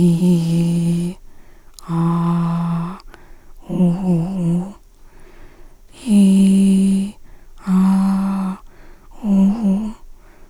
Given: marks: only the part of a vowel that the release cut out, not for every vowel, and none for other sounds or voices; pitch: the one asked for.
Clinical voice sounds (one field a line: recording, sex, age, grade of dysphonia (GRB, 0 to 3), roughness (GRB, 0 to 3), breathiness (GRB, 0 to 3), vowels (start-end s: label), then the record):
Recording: sustained vowels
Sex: female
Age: 50 to 59 years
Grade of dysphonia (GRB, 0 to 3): 2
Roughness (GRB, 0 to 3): 0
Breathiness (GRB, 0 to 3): 2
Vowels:
0.00-1.04 s: vowel /i/, normal pitch
1.92-2.85 s: vowel /a/, normal pitch
3.80-4.62 s: vowel /u/, normal pitch
6.12-7.02 s: vowel /i/, high pitch
7.69-8.51 s: vowel /a/, high pitch
9.27-9.87 s: vowel /u/, high pitch
From the record:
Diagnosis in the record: recurrent laryngeal nerve paralysis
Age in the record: 57 years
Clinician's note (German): Idiopatische Form li, kein Anhalt auf Aryluxation, strobosk. keine Restbeweglichkeit